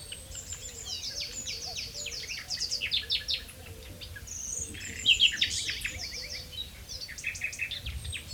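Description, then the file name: Common nightingale delivering fast descending note series and chattering trills, then a louder burst of varied whistles midway through. "Luscinia megarhynchos"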